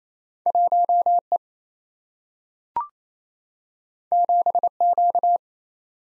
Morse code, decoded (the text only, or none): 1E 7Q